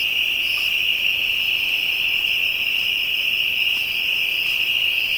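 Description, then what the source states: Insect chorus of constant high-pitched droning, a dense unbroken shrill hum with faint higher trilling traces over it. African insects, ambient soundscape.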